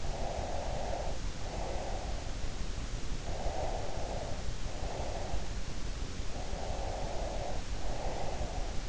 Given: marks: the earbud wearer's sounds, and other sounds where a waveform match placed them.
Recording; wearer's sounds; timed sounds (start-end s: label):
sounds in sleep by an in-ear microphone; breath
0.00-2.29 s: breath
3.23-5.53 s: breath
6.37-8.82 s: breath